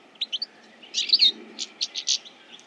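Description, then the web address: Bird calls: scattered short high chirps, then a quick cluster of sharp notes and a few spaced bright chirps over faint steady background noise. "Deverinetal. Bird Only"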